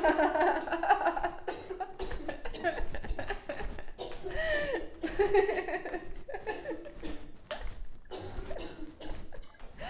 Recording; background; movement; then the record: laughter; a bystander coughing; walking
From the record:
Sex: female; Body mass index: 18.3 kg/m2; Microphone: on the chest, facing outward